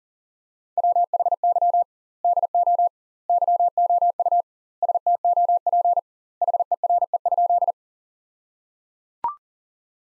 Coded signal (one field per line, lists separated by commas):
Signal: Morse code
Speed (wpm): 37 wpm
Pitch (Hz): 700 Hz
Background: none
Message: WHY DO YOU STOP HERE?